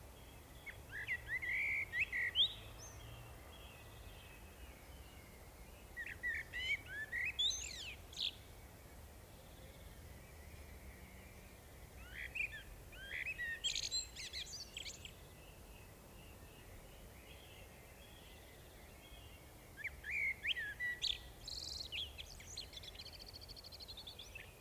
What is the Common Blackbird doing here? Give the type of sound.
song